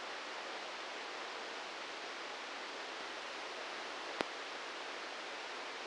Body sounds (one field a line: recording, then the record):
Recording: brain microelectrode recording played as sound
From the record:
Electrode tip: inside the subthalamic nucleus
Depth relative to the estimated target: 0 mm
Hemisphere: right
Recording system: NeuroSet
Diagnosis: Parkinson's disease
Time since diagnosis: 8 years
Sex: male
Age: 58 years